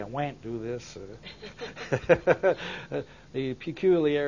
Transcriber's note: both laugh